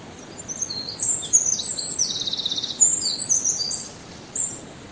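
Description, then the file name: Eurasian wren giving an energetic, very high song of quick chattering notes and a dry rattling trill, ending with one brief note after a short pause. "Troglodytes troglodytes"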